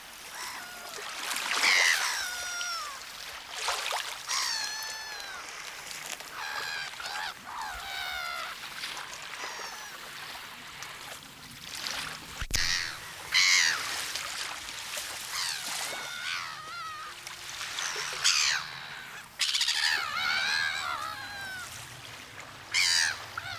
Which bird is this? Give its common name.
Black-headed Gull